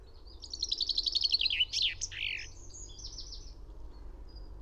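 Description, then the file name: Common chaffinch song: a bright rattling trill tumbling downward into a sharp flourish, followed by fainter notes. "Fringilla coelebs"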